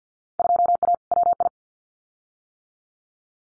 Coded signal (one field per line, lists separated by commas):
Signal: Morse code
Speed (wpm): 50 wpm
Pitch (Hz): 700 Hz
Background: none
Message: 2A WI